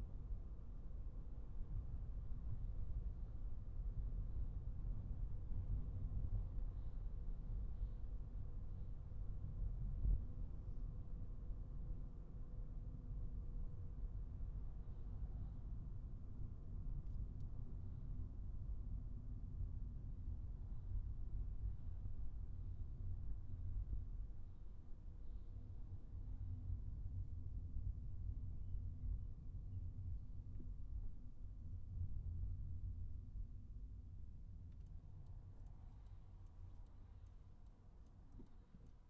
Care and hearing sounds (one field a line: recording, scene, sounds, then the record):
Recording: everyday scene through a hearing-aid microphone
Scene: in a vehicle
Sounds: engine, highway traffic jam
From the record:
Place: Skoda Fabia, gasoline engine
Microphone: behind the ear, right, front